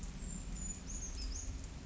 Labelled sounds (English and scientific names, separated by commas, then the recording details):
Brown Creeper (Certhia americana)
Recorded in Sonoma County, California